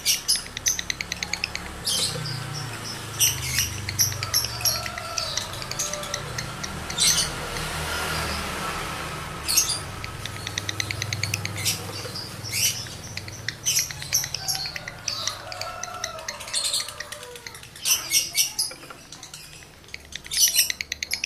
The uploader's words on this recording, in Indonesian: Birahi Lovebird Jantan ke Gacor. Suara Lovebird jantan birahi.